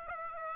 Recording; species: mosquito wingbeat signal from an infrared sensor; Aedes aegypti